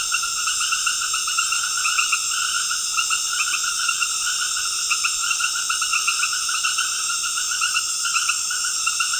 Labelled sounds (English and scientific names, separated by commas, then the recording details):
none
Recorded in secondary vegetation near Puerto Asís, Putumayo, Colombia, on 13 March 2025 at 19:30
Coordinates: 0.488, -76.319
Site G095